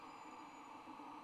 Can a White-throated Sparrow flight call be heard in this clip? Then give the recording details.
no. No flight call is heard. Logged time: 00:05 on 26 November 2014